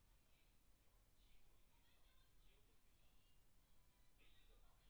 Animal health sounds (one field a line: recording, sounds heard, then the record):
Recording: poultry house recording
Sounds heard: no chicken sound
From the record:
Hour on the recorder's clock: 17